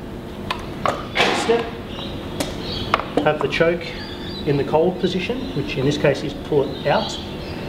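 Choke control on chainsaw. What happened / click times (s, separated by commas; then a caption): The choke control is handled but not yet clicked into position / none. A chainsaw's choke control is handled as it is pulled out toward the cold position, with a few short, sharp handling knocks under someone talking. The choke has not yet clicked into position; nothing has seated by the end of the clip.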